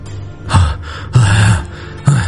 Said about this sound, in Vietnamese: Lý Thái thở hổn hển, đánh người đánh đến nỗi hết sức mệt nhọc.